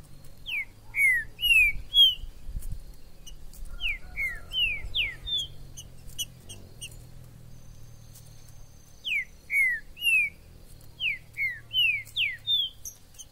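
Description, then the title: Green-winged saltator song: three bursts of rich whistled notes, each slurring down, repeated after pauses, over thin high ticking and a soft low hum. Wild bird in the forest, calling, singing and displaying as a male in a contest; used to stimulate a kept bird. "TRINCA Piando, Cantando E Macheando Na DISPUTA. TRINCA FERRO no MATO. Trinca ferro MAJOR no MATO"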